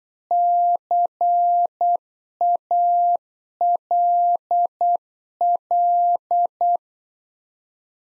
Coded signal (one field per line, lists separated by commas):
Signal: Morse code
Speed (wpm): 8 wpm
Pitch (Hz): 700 Hz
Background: none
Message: CALL